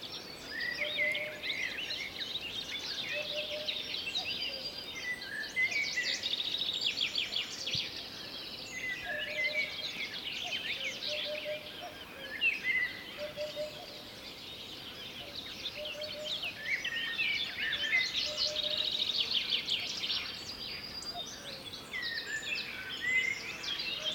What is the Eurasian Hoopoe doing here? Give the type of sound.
song